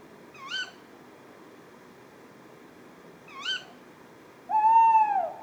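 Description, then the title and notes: Tawny owl pair calling: two sharp, upswept harmonic ke-wick calls about three seconds apart, then a clear, steady hooting note near the end. Pair calling at 4:30 am on 20 February 2020 at Etang de Beaumont, Drôme; recorded with a Nagra Seven and a Telinga Pro 7 stereo parabola. "20 février 2020-4h30-Etang de Beaumont - Drôme. un couple de Chouette hulotte (Strix aluco)"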